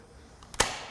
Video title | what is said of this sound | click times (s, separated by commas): Folding E-Bikes - Rider Guide | the click and you're set | 0.6 s